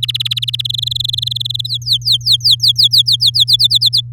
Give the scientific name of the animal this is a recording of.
Serinus canaria